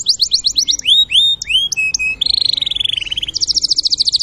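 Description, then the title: Canary song with rapid whistled upslurs and downslurs, then a fast buzzy roll and a final quick high trill. Canary singing a long, persistent rolling song. "Kenari Manasaja"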